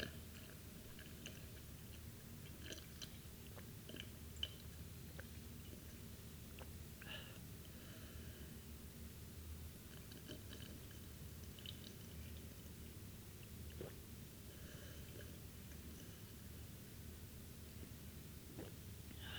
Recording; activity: daily activity, guitar pickup as the sensor; drink water